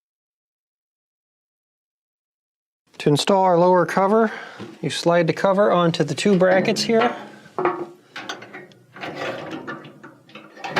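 Someone talks while the metal lower front cover of a Whirlpool dryer is slid onto the two brackets on the dryer frame, during a repair for a noisy blower wheel. Brief knocks and scrapes of handling follow after the talking, but nothing has seated or clicked yet.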